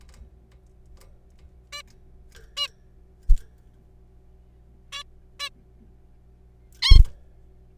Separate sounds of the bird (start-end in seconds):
1.73-1.82, 2.57-2.68, 4.93-5.03, 5.40-5.49, 6.82-6.99